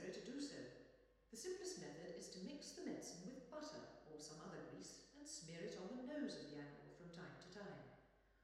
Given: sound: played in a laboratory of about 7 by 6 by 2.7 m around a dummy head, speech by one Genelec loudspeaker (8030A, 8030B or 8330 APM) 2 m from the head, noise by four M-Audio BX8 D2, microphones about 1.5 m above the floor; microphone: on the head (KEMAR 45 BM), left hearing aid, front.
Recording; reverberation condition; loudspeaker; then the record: female speech in English; high; in front (0 degrees)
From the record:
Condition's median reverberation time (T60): about 1300 ms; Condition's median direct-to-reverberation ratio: about -4.0 dB